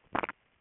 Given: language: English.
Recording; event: throat vibration sensor signal played as sound; swallow